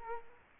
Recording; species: mosquito wingbeat signal from an infrared sensor; Culex quinquefasciatus